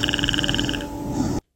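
A rapid, evenly spaced train of croaking clicks, about 18 per second, lasts under a second and fades into a softer rasping breath. It is an unusual clicking, frog-like snore-type noise made by an adult woman during sleep, likened to the clicking call of the Predator.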